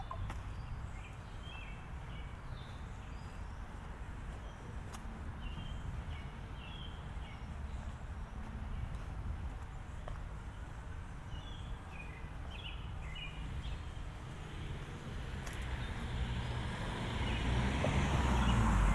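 A suburban walk in Westchester: steady low traffic rumble with scattered bird chirps, and a vehicle swelling louder near the end.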